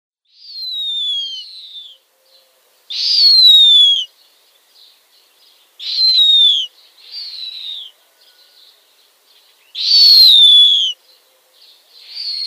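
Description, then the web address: Snowy owl downy young giving repeated shrill, rasping, falling screeches, three loud calls alternating with quieter wheezy notes. "Schulze Peter Snowy Owl downy Young"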